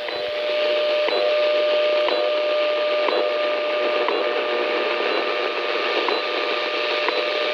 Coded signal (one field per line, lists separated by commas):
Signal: radio time signal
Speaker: this is uh the time station rwm out of moscow or it might be bpm china i'm not sure but it's a beeping it's on 9996 kilohertz